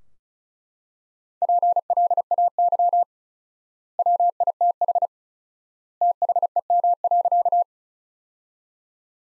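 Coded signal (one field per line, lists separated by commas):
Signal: Morse code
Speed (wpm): 36 wpm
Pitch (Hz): 700 Hz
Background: none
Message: PLAY WITH THEM.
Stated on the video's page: Practice sentences from top 200 words at 35 wpm with 4x word-spacing, a word-based approach analogous to Farnsworth.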